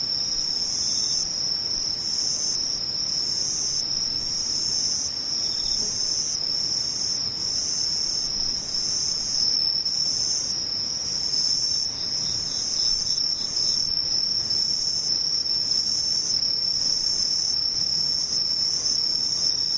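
Insects trill without pause in a high, bright band, the steady chirring of crickets. The calls pulse in faint regular waves on top of the constant buzz, over a low, quiet hum of background.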